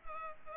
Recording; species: mosquito wingbeat signal from an infrared sensor; Culex pipiens